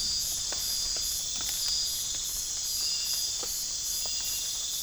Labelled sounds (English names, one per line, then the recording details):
none
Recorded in pastures near Puerto Asís, Putumayo, Colombia, on 25 June 2025 at 02:30
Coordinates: 0.466, -76.322
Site GP07